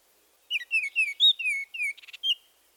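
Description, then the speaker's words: Northern Oriole song: a run of rich, flute-like whistled phrases, mostly slurring downward, broken near the end by a short buzzy rattle before a final whistle. One of four songs by different individuals; elaborate flute-like whistle of melodious phrases with a consistently rich tone. "Let's listen to four oriole songs given by different individuals."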